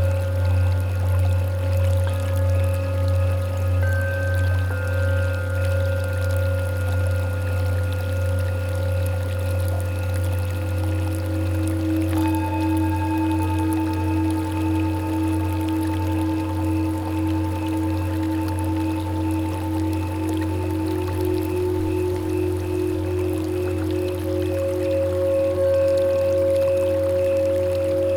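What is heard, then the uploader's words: Singing bowls ring in long, overlapping sustained tones that shift slowly as new bowls sound, with a brief strike near twelve seconds adding a higher tone. A deep steady hum underlies everything, and a soft constant hiss fills the background throughout. This is a recording of a set of singing bowls. The root bowl is C#, the Aum tone or Earth tone. The other bowls are harmonized with the Chakras in this scale.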